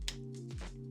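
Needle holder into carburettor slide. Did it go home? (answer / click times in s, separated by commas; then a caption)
yes / 0.1 s. A needle holder with a greased rubber O-ring is pushed into the plastic carburettor slide of a Honda CB 500 (PC32) during a carb rebuild. It gives a sharp, bright click at 0.1 s over a steady background hum with tonal bands. The holder clicks into place and is seated.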